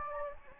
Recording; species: mosquito wingbeat signal from an infrared sensor; Anopheles gambiae